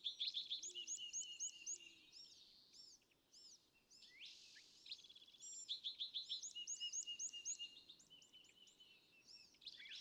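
California thrasher song, a near-continuous flow of rapid repeated chips, slurred whistles and a buzzy rasp, with faint lower notes in the background.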